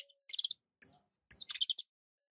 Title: Kenari Portugis